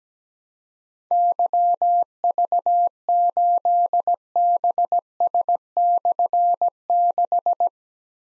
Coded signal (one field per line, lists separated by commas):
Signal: Morse code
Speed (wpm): 17 wpm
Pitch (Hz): 700 Hz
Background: none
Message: YV8BS/6